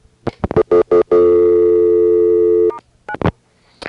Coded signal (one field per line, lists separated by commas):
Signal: telephone call progress tone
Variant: North America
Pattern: dial tone